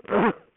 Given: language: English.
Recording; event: throat vibration sensor signal played as sound; cough